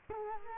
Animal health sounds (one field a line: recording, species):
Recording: mosquito wingbeat signal from an infrared sensor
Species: Culex quinquefasciatus